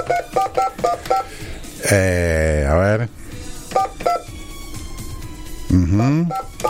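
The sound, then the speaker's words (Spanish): A run of short, evenly spaced telephone keypad beeps, each a steady dual-pitched tone, broken up by bursts of a voice speaking over them; a phone being dialed on the La 106 morning radio show to reach a prize winner. “A ver si tenemos tono. Qué lío de tonos que tenemos.”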